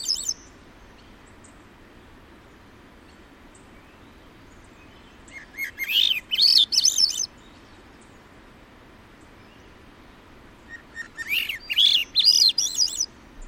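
Swainson's thrush singing two breezy, upward-spiralling flute-like phrases several seconds apart over a steady soft background hiss.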